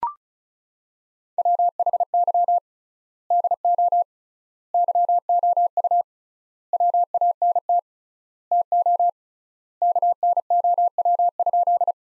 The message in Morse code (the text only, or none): WHY DO YOU WANT TO KNOW?